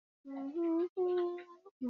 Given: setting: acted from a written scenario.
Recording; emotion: vocal sound without words; serenity